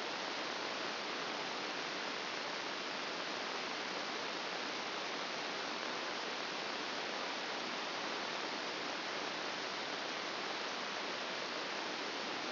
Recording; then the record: brain microelectrode recording played as sound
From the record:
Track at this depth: outside the subthalamic nucleus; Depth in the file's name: 2.773 mm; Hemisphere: left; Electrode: 2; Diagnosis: Parkinson's disease